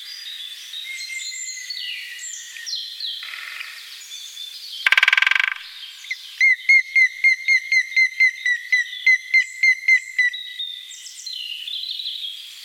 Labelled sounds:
Great Spotted Woodpecker drumming
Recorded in the wild
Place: Gottenheim / Freiburg im Breisgau, Baden-Württemberg, DE
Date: 1976-03-28
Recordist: Schwarz, Dieter
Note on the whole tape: Drumming

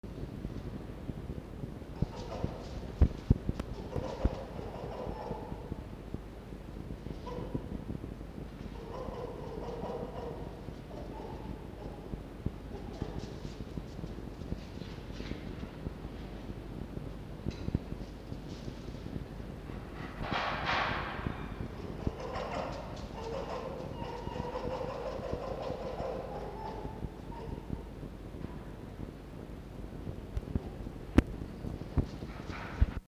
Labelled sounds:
Red Fox
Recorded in captivity
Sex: female
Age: adult
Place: Zoologisches Institut der HUB, Berlin, DE
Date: 1952-06-20 12:20
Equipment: Elmetra
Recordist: Tembrock, Günter
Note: Fiffi: Muffen (mit Fleisch), dazwischen Muffen (ohne Fleisch) - (Laute nicht klar zu unterscheiden)

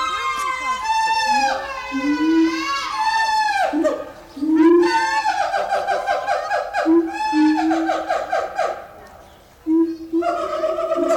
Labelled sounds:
Siamang call
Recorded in captivity
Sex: male
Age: subadult
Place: Zoo Berlin, Berlin, DE
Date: 1996-03-23 12:02
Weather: heiter, 4°C
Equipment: Sony WM-D6C, Sennheiser ME 80, Kopie Uher 4000 Report Monitor
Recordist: Tembrock, Günter

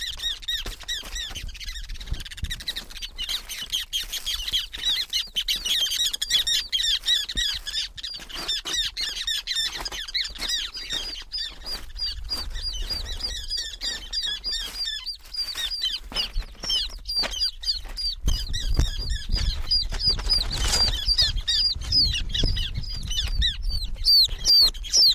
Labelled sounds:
Ruddy Turnstone call
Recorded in the wild
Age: juvenile
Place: Halbinsel Kindo, Karelien, RU
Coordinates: 66.5378, 33.1961
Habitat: seashore
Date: 1990-07-08
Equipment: Uher 4000 Report Monitor, Sennheiser MKH 416 T
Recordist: Frommolt, Karl-Heinz

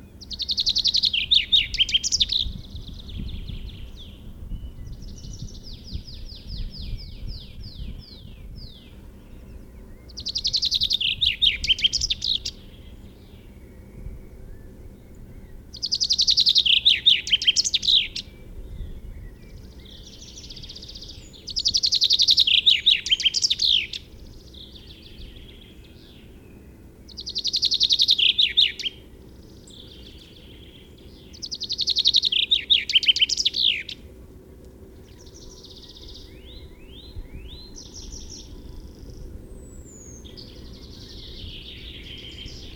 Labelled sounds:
Common Chaffinch song
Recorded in the wild
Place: Schaabewald bei u. südl. Forsthaus Gelm, Insel Rügen, Mecklenburg-Vorpommern, DE
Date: 1969-04-26
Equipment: NAGRA III BH, Sennheiser MD21 mit Reflektor (d=75 cm, Glasfiber) und Stativ
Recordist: Schubert, Michael

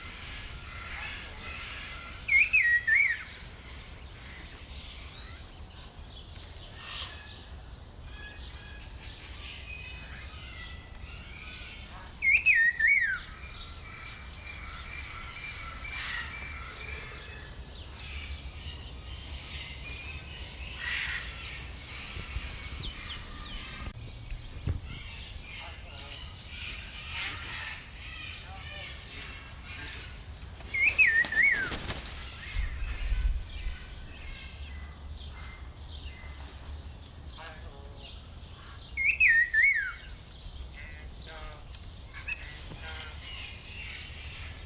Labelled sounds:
Red-faced Liocichla call
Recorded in captivity
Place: Zoo Berlin, Berlin, DE
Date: 1996-04-20 18:41
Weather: sonnig, 24°C
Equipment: Sony MD-WM MZ-R3, Sennheiser MKH 416 T, Kopie Uher 4000 Report Monitor
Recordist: Tembrock, Günter

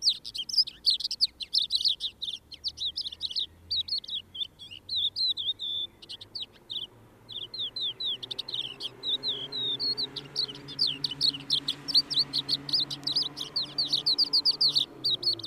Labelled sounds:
Crested Lark song
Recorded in the wild
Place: Sötern, Saarland, DE
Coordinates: 49.5947, 7.065
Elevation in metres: 419
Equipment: Nagra IV, Sennheiser MKH 405, Parabolreflektor
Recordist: Tretzel, Erwin

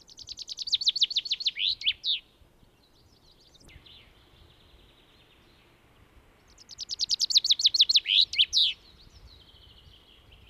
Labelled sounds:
Common Chaffinch song
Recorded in the wild
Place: Ehrwald, Tirol, AT
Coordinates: 47.4167, 10.9428
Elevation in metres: 979
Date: 1971-04-13
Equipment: Nagra IV, Sennheiser MKH 405
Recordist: Tretzel, Erwin

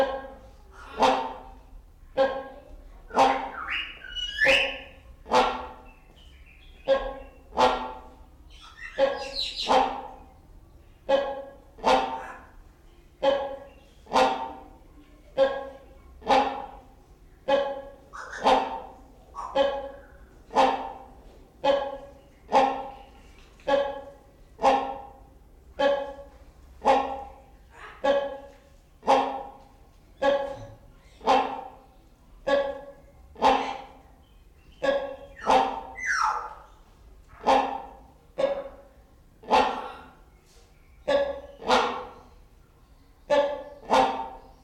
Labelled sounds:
Great Hornbill
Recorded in captivity
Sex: pair
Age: adult
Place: Zoo Berlin, Berlin, DE
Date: 1994-03-26 11:22
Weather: 4-5°C, bedeckt, z.T. Regen
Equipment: Marantz CP 430, Sennheiser ME 80, Kopie Uher Variocord 263
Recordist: Tembrock, Günter

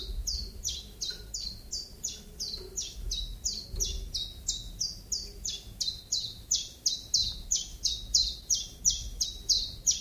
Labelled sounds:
Common Chiffchaff song
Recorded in captivity
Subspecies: collybita
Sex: male
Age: adult
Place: Zoologisches Institut Universität Tübingen, Baden-Württemberg, DE
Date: 1966-04-15 15:25
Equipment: Nagra III PH, MD 421, kleiner englischer Parabolspiegel, LGS26
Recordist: Schneider, Hans-Joachim
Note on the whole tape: Biesinger Straße Nr. 6, 1. Stock, Osteckzimmer. Gewöhnliche Gesänge eine Wildfanges (Männchen B) mit Ansätzen zum Werbegesang. Das Männchen wurde am 04.04.1966 bei Schorndorf gefangen. MaAs: M.Sch

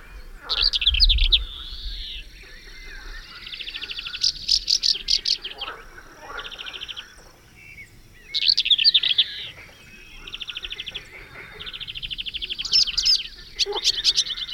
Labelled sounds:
Western Black-eared Wheatear
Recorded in the wild
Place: Melnik, Blagoewgrad, BG
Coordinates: 41.525, 23.392
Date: 1974-05-26
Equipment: Nagra III BH, Sennheiser MD 21, parabola
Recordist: Schubert, Michael

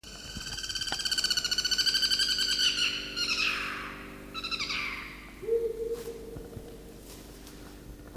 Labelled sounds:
Guira Cuckoo
Amazonian Motmot
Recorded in captivity
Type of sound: trill
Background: Momotus momota
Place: Zoo Berlin, Berlin, DE
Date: 1997-11-22 10:37
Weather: bedeckt, ca.1°C
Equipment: Nagra SN, Kopie Uher 4000 Report Monitor
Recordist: Tembrock, Günter
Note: 11:52 - 13:34 min)

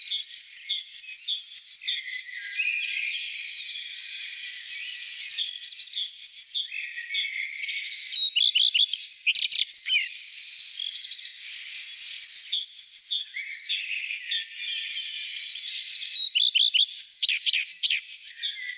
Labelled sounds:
Common Redstart song
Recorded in the wild
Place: Oberrotweil am Kaiserstuhl, Baden-Württemberg, DE
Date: 1987-04-20
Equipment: Alparon-Reflektor
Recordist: Schwarz, Dieter
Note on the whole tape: Song

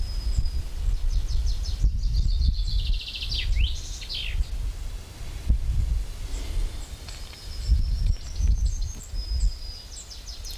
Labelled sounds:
Common Chaffinch song
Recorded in the wild
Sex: male
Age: adult
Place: Bötzow - Krämer, Brandenburg, DE
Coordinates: 52.6736, 13.0725
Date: 1997-05-18 17:27
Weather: sunny, 26°C, wind
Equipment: Sony MD-WM MZ-R3, Sennheiser MKH 416 T, Kopie Uher 4000 Report Monitor
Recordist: Tembrock, Günter

